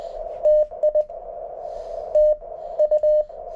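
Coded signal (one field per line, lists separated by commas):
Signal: Morse code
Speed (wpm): 20 wpm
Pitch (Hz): 610 Hz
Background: radio noise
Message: TI TU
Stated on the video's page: CW QSOs, a quick ragchew, using an MTR3b portable QRP rig.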